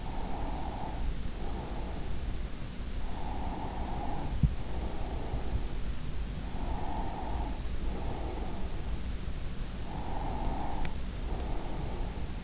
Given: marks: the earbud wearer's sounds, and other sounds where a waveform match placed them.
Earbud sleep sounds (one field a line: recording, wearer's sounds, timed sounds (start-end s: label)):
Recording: sounds in sleep by an in-ear microphone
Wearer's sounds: breath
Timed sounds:
0.00-2.21 s: breath
3.05-5.67 s: breath
6.45-8.92 s: breath
9.86-12.44 s: breath